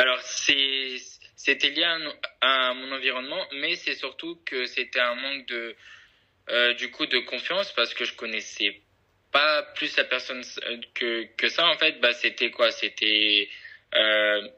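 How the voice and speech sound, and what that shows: A young adult man speaking French with stuttering, a disorder of speech fluency and rhythm: word repetitions, prolonged sounds, filled pauses and silent blocks where words will not come out, linked to a lack of confidence.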